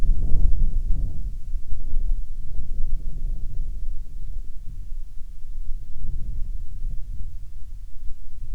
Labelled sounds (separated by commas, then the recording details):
wind
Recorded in the Arctic National Wildlife Refuge, Alaska, on 5 August 2019 at 14:25
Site 49